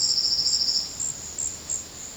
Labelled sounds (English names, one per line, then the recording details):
none
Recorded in secondary vegetation near Puerto Asís, Putumayo, Colombia, on 18 February 2024 at 15:00
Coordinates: 0.472, -76.331
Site G6371